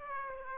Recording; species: mosquito wingbeat signal from an infrared sensor; Aedes aegypti